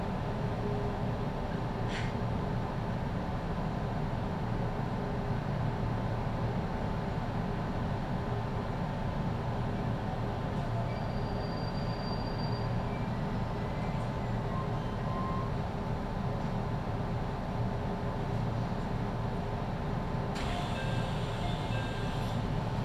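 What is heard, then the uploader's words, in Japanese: Inside a local train on a Japanese line, the ride is a steady, dense low rumble with a constant hum and faint whining tones above it. The level stays even throughout, with occasional brief clicks and squeaks, and a brighter hiss rising near the end. 中央西線 普通 名古屋→高蔵寺 313系8000番台。座席は転換クロスシート、窓にはカーテンということで若干グレードが高いです。通勤ラッシュの折り返しになるので多少立つ人が出るくらいですね～。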